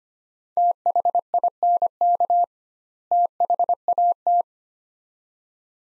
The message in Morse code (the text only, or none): THINK THAT